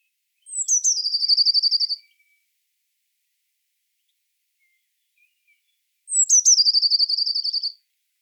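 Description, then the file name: Eurasian blue tit calling twice, each phrase a thin, high, falling note followed by a fast, even, buzzy trill lasting about a second and a half; otherwise quiet. "Cyanistes caeruleus"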